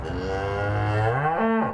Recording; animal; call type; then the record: contact call of a hoofed animal; cattle; low-frequency (closed-mouth) or high-frequency (open-mouth) call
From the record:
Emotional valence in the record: negative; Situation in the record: full separation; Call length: 1.74 s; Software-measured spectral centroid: 1230 Hz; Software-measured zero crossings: 1190 a second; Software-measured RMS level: -24 dBFS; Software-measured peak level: -11 dBFS